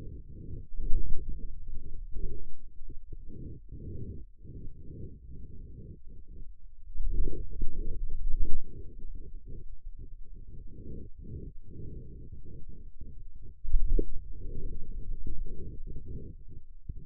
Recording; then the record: forearm muscle sounds (acoustic myography)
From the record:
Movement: hand closing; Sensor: system 2, bracelet of six BSWA MPA416 microphones around the upper forearm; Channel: 6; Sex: male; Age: 22 years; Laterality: right